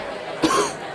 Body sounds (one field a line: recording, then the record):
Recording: coughing mixed with background sound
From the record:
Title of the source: 31 night wet cough